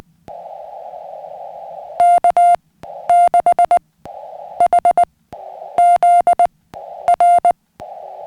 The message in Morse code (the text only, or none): K6HZ R